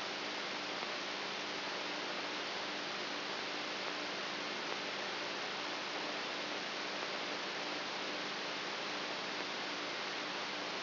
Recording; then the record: brain microelectrode recording played as sound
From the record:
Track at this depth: outside the subthalamic nucleus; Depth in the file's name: 8.3 mm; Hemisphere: right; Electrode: 3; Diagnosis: Parkinson's disease